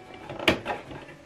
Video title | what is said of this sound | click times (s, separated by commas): HP ENVY PHOTO 6220 ALL IN ONE PRINTER SETTING & INSTALLATION OF THE INK TANKS | so if you go in and bring the cat right this in follow it all the way you hear a click sound you | 0.5 s